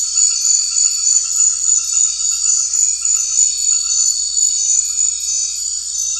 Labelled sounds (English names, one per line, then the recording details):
none
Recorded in secondary vegetation near Puerto Asís, Putumayo, Colombia, on 9 March 2025 at 20:30
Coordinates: 0.499, -76.323
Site G094